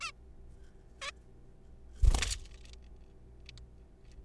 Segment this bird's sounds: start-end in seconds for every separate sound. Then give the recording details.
0.01-0.12, 1.02-1.11. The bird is a juvenile. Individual R3428